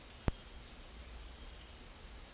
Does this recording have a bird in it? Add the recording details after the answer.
no. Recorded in secondary vegetation near Puerto Asís, Putumayo, Colombia, on 12 March 2025 at 17:30. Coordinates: 0.499, -76.323. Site G094